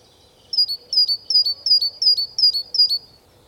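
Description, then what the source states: Great tit call: a clear, high two-part note that falls in pitch, repeated seven times at a steady quick pace over about two and a half seconds. Heard outdoors on a walk in early April, Skuldborg, Denmark; identified by a sound-recognition app.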